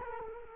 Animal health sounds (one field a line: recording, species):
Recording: mosquito wingbeat signal from an infrared sensor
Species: Culex quinquefasciatus